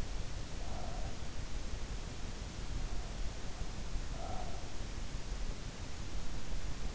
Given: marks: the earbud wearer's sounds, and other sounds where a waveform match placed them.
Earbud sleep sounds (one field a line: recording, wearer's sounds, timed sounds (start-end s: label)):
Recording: sounds in sleep by an in-ear microphone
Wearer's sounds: breath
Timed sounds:
0.38-2.04 s: breath
4.22-5.02 s: breath